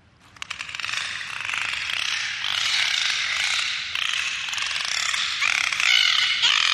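Dolphin sound: a buzzing pulsed burst builds up quickly, then carries on with rising whistles and squawks near the end.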